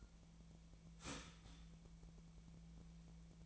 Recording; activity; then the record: daily activity, microphone in the room; start toaster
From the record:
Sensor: 1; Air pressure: 1009.3 hPa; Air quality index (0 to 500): 195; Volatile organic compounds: 19 ppm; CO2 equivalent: 2666 ppm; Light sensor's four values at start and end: 28/71/29/35 and 28/71/29/35